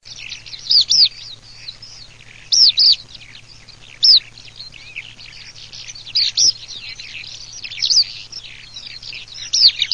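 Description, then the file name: Eurasian skylark singing: continuous high twittering with louder bursts of rolling, chirruping notes every second or two, over a faint low hum. "ALLODOLA"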